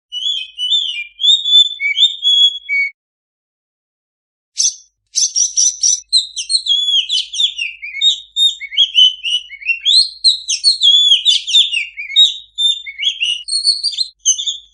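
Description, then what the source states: Oriental magpie-robin: a few whistled phrases, a short silence, then a long burst of fast whistles and harsh chatter. Singing kacer used as a master recording to train kacer that do not sing.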